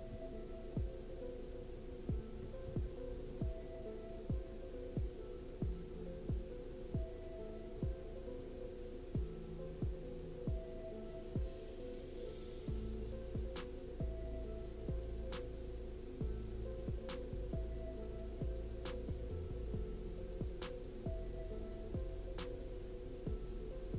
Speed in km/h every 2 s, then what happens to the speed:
0, 0, 0, 0, 0, 0, 0, 0, 0, 0, 0, 0.
0-24 standing.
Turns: none.